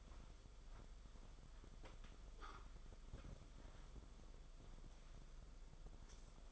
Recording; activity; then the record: daily activity, microphone in the room; wipe stove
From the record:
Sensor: 5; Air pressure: 994.6 hPa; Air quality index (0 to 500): 183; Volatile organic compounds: 1000 ppm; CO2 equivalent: 5356 ppm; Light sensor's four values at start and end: 41/125/49/54 and 39/114/46/50